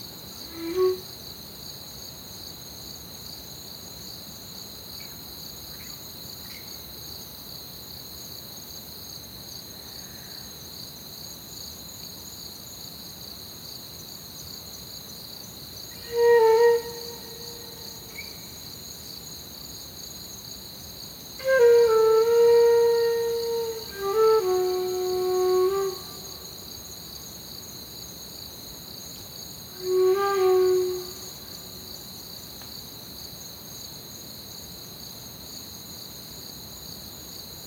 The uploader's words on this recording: Crickets Under Stars. It was recorded on a Zoom H6, which was pointed into the orchard whilst I sat on the balcony listening to the night, looking at the sky and playing flute. One take, no edits, just some compression and a touch of reverb added.